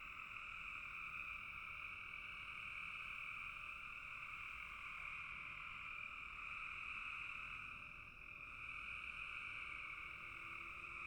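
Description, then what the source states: Many frogs croaking together in a continuous high trilling chorus, steady throughout with only a brief dip in volume near the end. Frogs calling in a bog.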